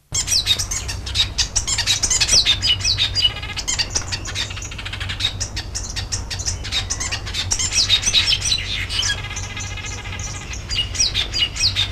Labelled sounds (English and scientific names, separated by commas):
Village Weaver (Ploceus cucullatus) call